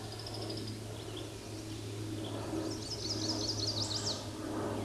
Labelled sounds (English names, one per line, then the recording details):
Chestnut-sided Warbler song
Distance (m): 25 m
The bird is about 5 m above the microphone
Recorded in a Pennsylvania forest on 16 May 2024 at 09:24
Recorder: AudioMoth, point MSD-2429
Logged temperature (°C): 16.7 °C
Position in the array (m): 83 m, 62 m